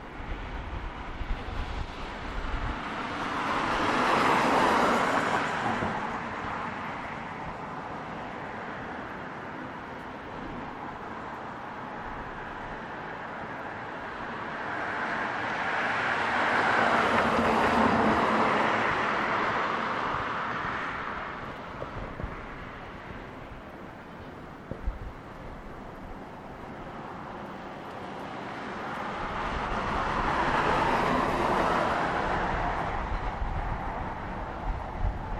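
Traffic passes steadily, with three vehicles swelling up and fading around 5, 17 and 31 seconds over a constant low road rumble.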